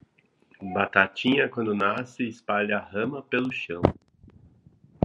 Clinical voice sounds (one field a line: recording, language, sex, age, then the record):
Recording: short text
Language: Brazilian Portuguese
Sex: male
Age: 40 to 49 years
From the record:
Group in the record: control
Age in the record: 41 years